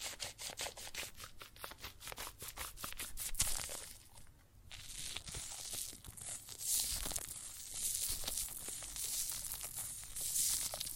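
Water and soap foam fizz and crackle in a dense, bright hiss. Quick popping clicks come in a rapid run for the first three seconds. A short quieter dip follows near four seconds, then steady sizzling crackle continues with slight swells to the end.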